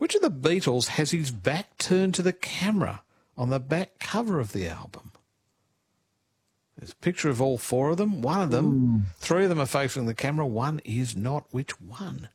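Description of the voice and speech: One adult man asks a quiz question in clear, fluent speech, with a brief pause midway.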